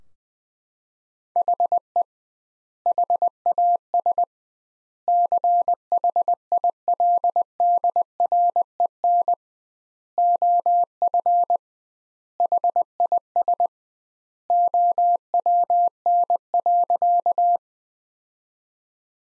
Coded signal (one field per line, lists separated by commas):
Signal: Morse code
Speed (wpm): 20 wpm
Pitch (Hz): 700 Hz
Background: none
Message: HE HAS CHILDREN OF HIS OWN.